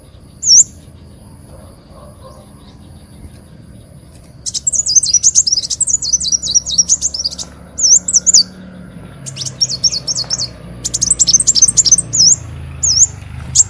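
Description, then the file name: Leafbird song: a single high note, then bursts of fast, wavering, high-pitched twitters in several runs with short gaps, over a low background rumble. "Tieng chim xanh tim"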